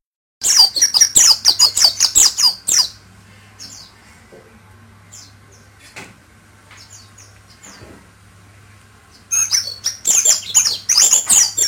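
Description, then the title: White-eye song, rapid high twittering phrases for a few seconds, a long quiet gap with a steady low hum, then the twittering resumes near the end. Pleci (white-eye) named or owned as Mr. Kebo; Malang, East Java, Indonesia. "Pleci Mr. Kebo Malang - Jawa Timur"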